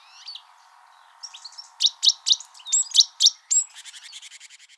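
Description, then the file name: Great tit mixing soft twitters, a run of loud sharp chinking notes and a short whistle, then a fading rapid buzzy rattle. "Parus major"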